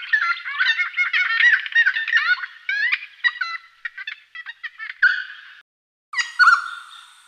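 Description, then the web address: Noisy friarbird calling: harsh, cackling, gabbling phrases of rapid nasal notes, then a pause and a final raucous burst. Canberra garden. "canberra-garden-birds honeyeaters noisy-friarbird"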